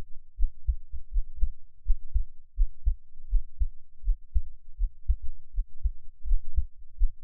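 Soft, low thumping heartbeat of an adult, picked up close with an NT5 microphone, in a steady rhythm at about 81 beats a minute, with deep paired beats and no other sounds.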